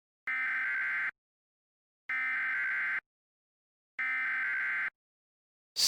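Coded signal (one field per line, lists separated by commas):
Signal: Emergency Alert System (SAME) tones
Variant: header bursts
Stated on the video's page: Mock EAS alert for a fictional roach invasion.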